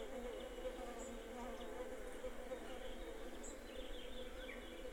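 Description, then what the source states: Bees buzzing in a low, steady hum, with a few faint high chirps from birds. Bees in a garden, with birds.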